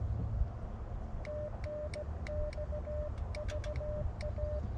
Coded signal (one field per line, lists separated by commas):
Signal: Morse code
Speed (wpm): 17 wpm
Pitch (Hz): 590 Hz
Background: none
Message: TNX VA